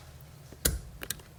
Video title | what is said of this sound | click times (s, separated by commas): TOYOTA PICKUP POWER WINDOW CONVERSION! | but once uh it's in there push it all the way down and it'll make a little click noise watch | 0.7 s